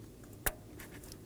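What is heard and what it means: The red secondary locking tab on the electrical connector of a high-pressure fuel pump on a 2018-2024 Chevrolet Equinox 1.5L L4 is pushed down to lock. It gives a single sharp click at 0.5 s, followed by a few faint soft ticks and rustles. The tab seats and locks the connector.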